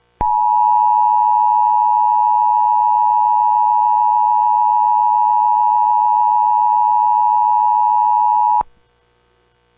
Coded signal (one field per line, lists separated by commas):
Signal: Emergency Alert System (SAME) tones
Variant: 853 and 960 Hz attention tone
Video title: Kentucky County, Ohio Emergency Alert System - Missing Person